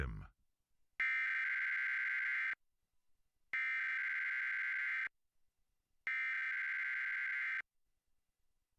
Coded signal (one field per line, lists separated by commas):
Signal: Emergency Alert System (SAME) tones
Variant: header bursts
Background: speech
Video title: WKYT-TV - EAS Test - 1:59pm 8/21/2017